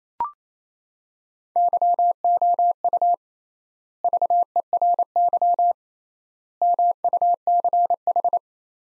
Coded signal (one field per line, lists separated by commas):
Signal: Morse code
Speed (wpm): 28 wpm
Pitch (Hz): 700 Hz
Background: none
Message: YOU VERY MUCH